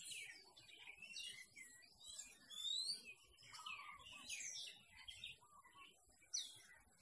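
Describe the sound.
Birds giving swooping whistles and chirps through heavy hiss, with short low warbles and a final sharp note.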